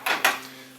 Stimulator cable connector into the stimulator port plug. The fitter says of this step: and what you want to do is just get a nice snap sound and you know that that has seated into the plug